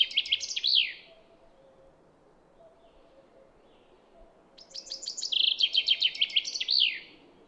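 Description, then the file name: Common chaffinch song, the tail of one phrase then a complete second one, bright stepping notes speeding into a trill with a final downward flourish. "Fringilla coelebs"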